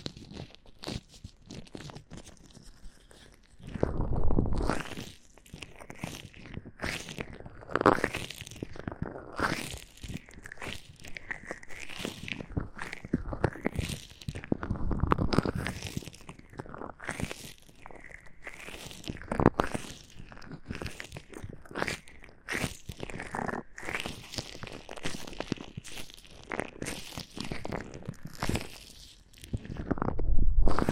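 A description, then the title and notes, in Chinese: Gloves are rubbed and squeezed in a dense, crackly stream of crunching, rustling friction sounds with no pauses. Louder, fuller swells of rubbing come around 4, 8, 15 and 20 seconds, and the scraping grows loudest in the final second. 多種手套的摩擦觸發音。Glove trigger for relaxing。NO Talking。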